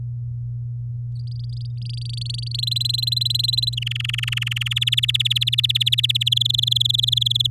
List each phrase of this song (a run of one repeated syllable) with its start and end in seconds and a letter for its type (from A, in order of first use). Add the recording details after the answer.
1.16-2.61 A, 2.63-3.75 B, 3.77-4.74 C, 4.76-6.23 D, 6.26-7.47 E. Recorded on 10 May 2018 at 15:29. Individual llb16